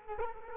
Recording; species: mosquito wingbeat signal from an infrared sensor; Culex quinquefasciatus